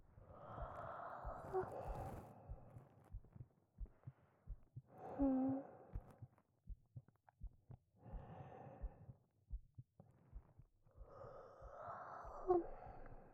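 Soft, regular low thumps of a woman's heart run steadily through the clip, about 70–80 beats a minute, with no extra sounds between beats. Slow, gentle breaths rise and fall over them about every three to four seconds. It is an ordinary resting heartbeat, heard with the head resting against her chest.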